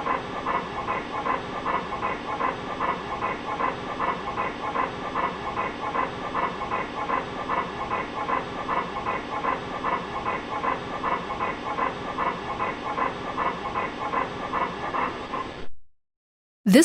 Inspiratory stridorous component of the respiratory sounds of a panting Labrador with partial laryngeal paralysis.